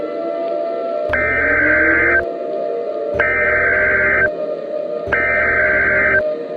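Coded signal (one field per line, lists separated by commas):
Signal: Emergency Alert System (SAME) tones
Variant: header bursts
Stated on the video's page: Fictional EAS scenario.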